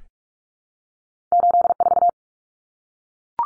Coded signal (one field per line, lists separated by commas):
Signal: Morse code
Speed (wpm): 44 wpm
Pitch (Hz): 700 Hz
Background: none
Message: 84